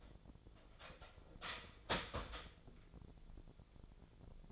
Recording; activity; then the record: daily activity, microphone in the room; start toaster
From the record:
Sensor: 5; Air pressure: 1000.3 hPa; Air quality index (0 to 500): 127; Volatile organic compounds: 2 ppm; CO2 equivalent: 1005 ppm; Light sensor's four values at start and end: 83/195/83/90 and 83/195/83/90